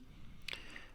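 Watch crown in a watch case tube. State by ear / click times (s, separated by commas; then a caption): released / 0.5 s. The screw-down crown of a Seiko SUN065 Kinetic Diver/GMT dive watch is unscrewed in its case tube, and at 0.5 s it releases with a sharp pop as it springs out to its first position. A fainter tick follows at about 0.8 s over a low background hiss.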